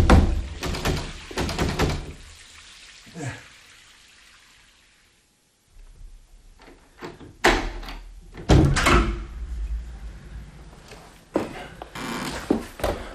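A door being forced: heavy thuds and rattling bangs come in loud bursts, first in a cluster, then a quiet pause, then several more hard blows and knocks. No one speaks.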